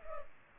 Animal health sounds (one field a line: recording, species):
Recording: mosquito wingbeat signal from an infrared sensor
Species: Culex pipiens